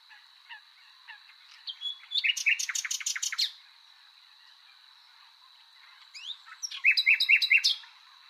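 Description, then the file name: Common nightingale song in two phrases, each a burst of rapid repeated notes, with a steady high tone running through the background. "Luscinia megarhynchos"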